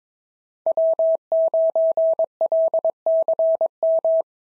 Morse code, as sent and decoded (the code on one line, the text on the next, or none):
.-- ----. .-.. -.-. --
W9LCM